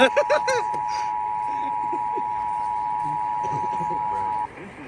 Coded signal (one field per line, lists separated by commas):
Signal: Emergency Alert System (SAME) tones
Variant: 853 and 960 Hz attention tone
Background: speech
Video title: The Slow Return of KQED-TV... (San Francisco Bay Area EAS Test from 11/14/23) (EAS #1,227-1,228)